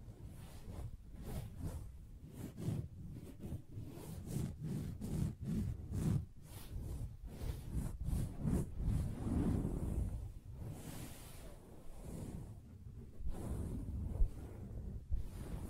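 Soft fabric surface being tapped and scratched, a dense run of muffled, irregular strokes and light hits, mostly low and dull with a faint airy hiss above. The scratching swells around the middle, thins near eleven seconds, then picks up again with a few sharper taps.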